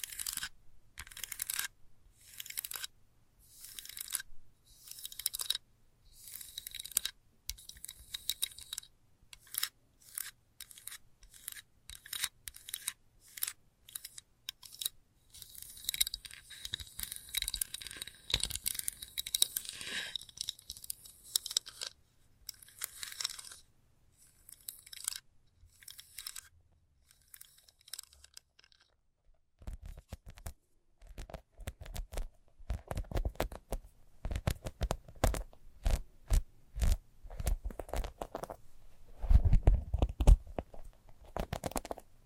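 Fast scratching in quick, dense bursts, crisp and bright for the first half, then lower and rougher after about thirty seconds.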